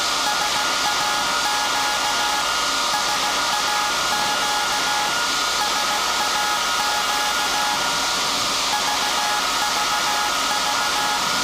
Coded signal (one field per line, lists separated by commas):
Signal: Morse code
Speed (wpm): 16 wpm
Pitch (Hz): 840 Hz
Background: none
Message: SAQ SAQ SAQ VVV